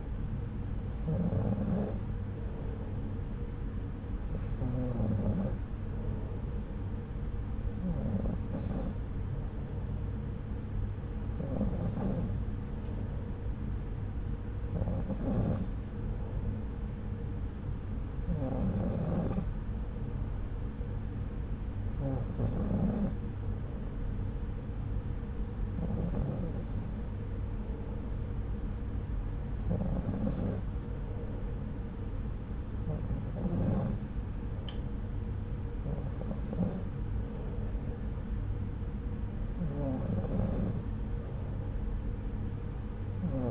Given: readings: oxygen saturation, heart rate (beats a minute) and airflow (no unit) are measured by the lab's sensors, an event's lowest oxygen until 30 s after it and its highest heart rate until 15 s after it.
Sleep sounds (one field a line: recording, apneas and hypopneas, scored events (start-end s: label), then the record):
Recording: breathing in sleep by a smartphone at the bedside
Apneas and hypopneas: none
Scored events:
34.00-43.51 s: new sleep stage, N3 (deep sleep)
From the record:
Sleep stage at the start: N2 (light sleep)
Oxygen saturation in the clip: 93 to 94%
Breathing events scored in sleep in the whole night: 303 in 8.1 hours asleep